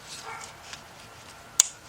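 A plastic engine wiring harness connector is pushed again onto an engine component during a head gasket replacement on a Nissan Rogue, Altima or Sentra. After a faint tick near 0.7 s, it snaps home with a sharp, loud click at 1.6 s, and the connector is fully seated, which matters because an unclicked plug causes a misfire.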